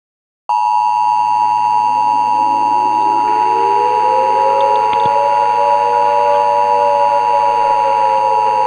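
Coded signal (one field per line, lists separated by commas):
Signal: Emergency Alert System (SAME) tones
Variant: 853 and 960 Hz attention tone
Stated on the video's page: Fictional mock alert about asteroid fragments hitting Earth, set in 1998.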